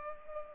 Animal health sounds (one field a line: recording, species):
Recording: mosquito wingbeat signal from an infrared sensor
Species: Culex pipiens